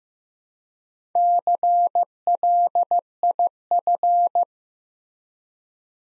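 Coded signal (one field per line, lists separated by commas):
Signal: Morse code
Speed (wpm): 15 wpm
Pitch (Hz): 700 Hz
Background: none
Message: CLIF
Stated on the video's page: Morse practice at 15 wpm, building 5-letter words one letter at a time.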